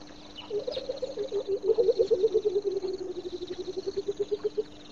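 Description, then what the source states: Coucal song, a long bubbling series of hollow hoots that falls in pitch, then steadies and rises slightly, over a steady low hum. Singing near a pond.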